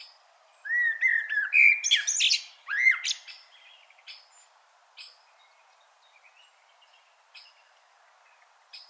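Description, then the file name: Common blackbird song: mellow fluted phrases with sliding notes and squeaky twitters, followed by a long stretch of faint scattered notes. "Turdus merula"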